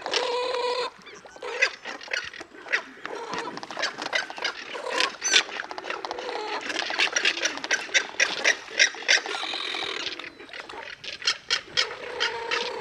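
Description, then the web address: Jabiru squawking: harsh harmonic squawks mixed with rapid dry clattering clicks, dense and continuous throughout. Recorded in the Pantanal. "sescpantanal. Tuiuiu"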